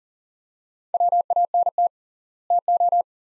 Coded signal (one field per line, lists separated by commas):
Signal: Morse code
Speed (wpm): 37 wpm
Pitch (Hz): 700 Hz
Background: none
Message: WANT TO